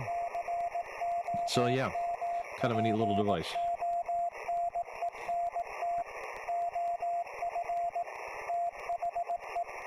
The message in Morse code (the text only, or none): COMPONENT OF THE